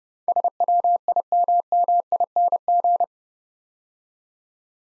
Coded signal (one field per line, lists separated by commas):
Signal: Morse code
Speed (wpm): 28 wpm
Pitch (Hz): 700 Hz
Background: none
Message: SWIMMING